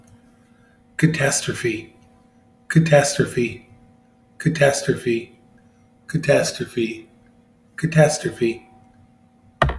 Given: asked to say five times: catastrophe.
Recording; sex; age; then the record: repeated word; male; 50 to 59 years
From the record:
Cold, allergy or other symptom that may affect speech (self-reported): no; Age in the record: 52 years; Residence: Missouri, United States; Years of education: 16